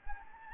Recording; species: mosquito wingbeat signal from an infrared sensor; Anopheles gambiae